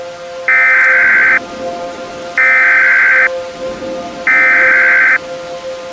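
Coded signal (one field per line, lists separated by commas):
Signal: Emergency Alert System (SAME) tones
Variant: header bursts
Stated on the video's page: Mock emergency alert, not a real broadcast.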